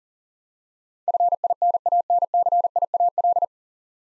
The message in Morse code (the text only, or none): FINANCIAL